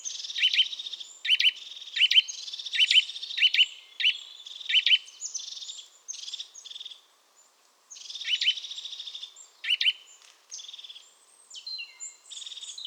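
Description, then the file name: Eurasian nuthatch uttering sharp, short piping notes in bursts, over dense high twittering. "Sitta europaea"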